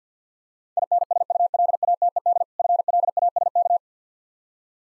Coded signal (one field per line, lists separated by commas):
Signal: Morse code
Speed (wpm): 50 wpm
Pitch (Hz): 700 Hz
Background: none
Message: INSULATED FLASK